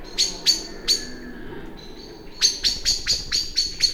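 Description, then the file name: Common blackbird chinking calls, hard metallic notes in an uneven series, pausing briefly before a faster run of about seven notes. "Turdus merula"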